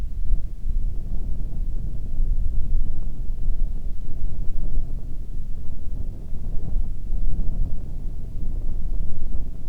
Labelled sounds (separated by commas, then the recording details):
songbird, wind
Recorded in the Arctic National Wildlife Refuge, Alaska, on 1 June 2019 at 19:47
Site 37